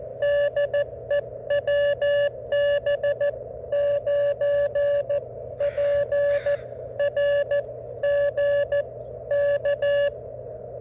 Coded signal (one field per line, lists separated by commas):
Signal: Morse code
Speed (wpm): 14 wpm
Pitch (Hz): 1150 Hz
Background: none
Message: DE WB9PRG K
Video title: A pretty nice “ham shack” and we made a contact!